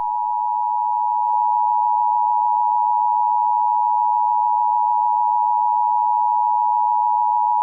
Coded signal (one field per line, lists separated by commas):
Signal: Emergency Alert System (SAME) tones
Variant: 853 and 960 Hz attention tone